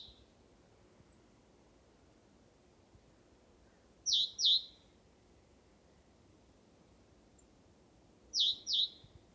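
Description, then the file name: Great tit calls: two sharp high double notes, one pair near the middle and another near the end, over faint low background hiss. "Parus major"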